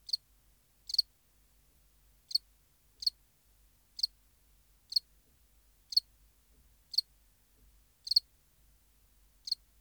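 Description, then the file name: House cricket with ten thin, high chirps at irregular intervals. "Acheta domesticus"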